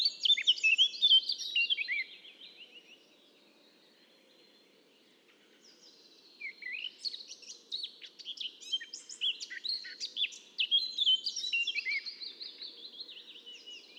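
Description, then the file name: Eurasian blackcap song: a loud warble at the start, a quiet spell of some four seconds, then long runs of fast scratchy warbling mixed with whistles. "Sylvia atricapilla"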